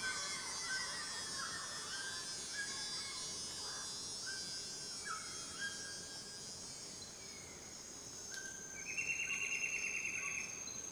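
Cicada chorus as a continuous high buzz, with a pulsing rattled burst near the end and scattered whistled bird calls in the background.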